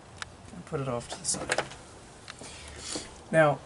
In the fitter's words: Push that on till it clicks and